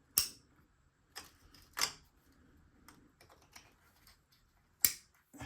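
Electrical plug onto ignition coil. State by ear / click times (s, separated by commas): seated / 0.2 s, 4.9 s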